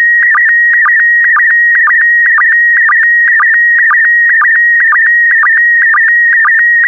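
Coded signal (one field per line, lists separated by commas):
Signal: SSTV (slow-scan television)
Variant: PD120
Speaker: transmission complete you can now check your decoded image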